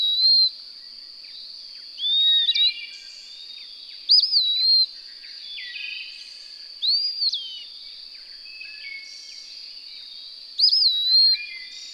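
Bird song: varied whistled phrases, some up-slurred and some twittering, spaced a few seconds apart, with a continuous high-pitched buzz behind.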